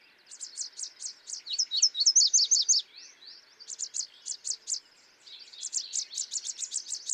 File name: Yellow Warbler